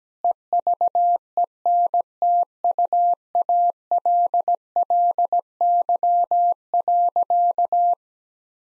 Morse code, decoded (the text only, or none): EVENTUALLY.